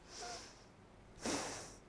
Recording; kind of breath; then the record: one breath in and out by a microphone near the nose and mouth; deep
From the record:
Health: marked as sick, illness not named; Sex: female